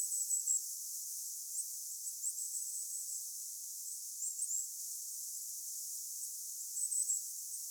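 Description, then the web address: Goldcrest calling, thin and very high-pitched notes in brief scattered bursts throughout, against a constant background hiss. Goldcrests calling on Vähä saari island, 26 September 2024. "paivat 26 9 2024 vahan saaressa olleiden hippiaisten aantelya"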